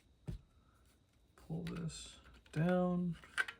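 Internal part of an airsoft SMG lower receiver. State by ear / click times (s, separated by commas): not seated / none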